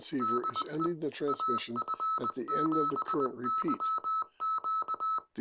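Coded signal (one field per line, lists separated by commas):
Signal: Morse code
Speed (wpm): 20 wpm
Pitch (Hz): 1300 Hz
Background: speech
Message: DE AF7YQ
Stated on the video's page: CQ calling from a transceiver with repeated automatic CQ call function, tuned around 7.030 MHz via keypad controls.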